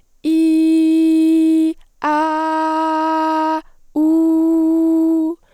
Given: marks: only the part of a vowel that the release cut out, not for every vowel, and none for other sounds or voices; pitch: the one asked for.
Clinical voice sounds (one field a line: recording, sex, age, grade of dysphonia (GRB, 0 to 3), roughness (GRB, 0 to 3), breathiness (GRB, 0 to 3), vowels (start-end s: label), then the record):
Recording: sustained vowels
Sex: female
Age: 18 to 19 years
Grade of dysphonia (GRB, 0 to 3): 0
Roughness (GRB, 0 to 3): 0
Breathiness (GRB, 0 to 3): 0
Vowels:
0.33-1.63 s: vowel /i/, high pitch
2.13-3.53 s: vowel /a/, high pitch
4.02-5.24 s: vowel /u/, high pitch
From the record:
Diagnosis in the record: healthy voice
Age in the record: 19 years